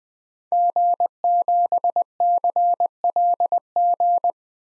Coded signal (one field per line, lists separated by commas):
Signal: Morse code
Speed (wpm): 20 wpm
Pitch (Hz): 700 Hz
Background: none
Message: G7CLG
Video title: DXCC-100 Call Signs - 5 Character 20wpm